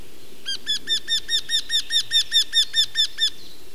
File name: nyaktekercs kiáltozás